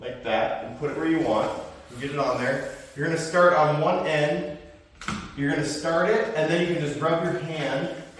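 A closet hanging rail's top hook is hung over the wall-mounted rail and started at one end while someone talks, with a brief knock around 5.0 s. The rail is only being handled and has not seated or locked into place yet.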